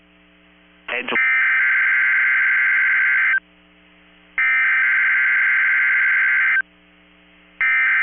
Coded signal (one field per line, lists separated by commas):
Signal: Emergency Alert System (SAME) tones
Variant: header bursts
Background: speech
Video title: 11/9/22 - KEC65 Required Weekly Test (EAS #684)